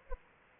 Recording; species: mosquito wingbeat signal from an infrared sensor; Aedes aegypti